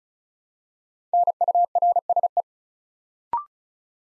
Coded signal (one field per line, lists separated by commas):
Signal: Morse code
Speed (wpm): 36 wpm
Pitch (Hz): 700 Hz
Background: none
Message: NURSE